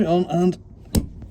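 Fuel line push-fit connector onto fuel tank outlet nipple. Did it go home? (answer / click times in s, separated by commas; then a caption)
yes / 0.9 s. A diesel heater fuel line push-fit connector on a VW Crafter (2017-on) / MAN TGE is pushed straight onto the fuel tank outlet nipple under the seat while someone talks. A sharp click at 0.9 s marks the connector latching, followed by a faint tick at 1.2 s. The connector is seated with a good solid click.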